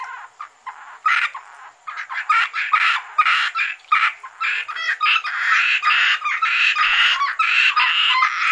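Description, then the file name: Asian grass frog chorus: dense rasping croaks in rapid bursts, quieter at the start and louder after. "rana limnocharis yannick dauby gruenrekorder"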